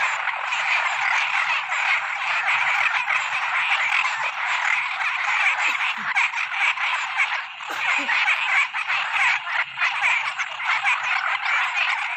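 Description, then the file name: Dense chorus of frogs, rasping croaks overlapping throughout, with a couple of brief knocks near the middle. Toads and frogs calling in the evening. "Tieng coc nhai keu vao buoi toi"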